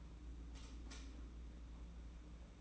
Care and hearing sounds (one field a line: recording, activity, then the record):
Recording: daily activity, microphone in the room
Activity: light off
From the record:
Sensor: 1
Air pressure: 991.9 hPa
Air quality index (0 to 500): 214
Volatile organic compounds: 1000 ppm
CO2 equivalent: 8307 ppm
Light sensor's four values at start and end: 14/41/16/17 and 10/22/9/10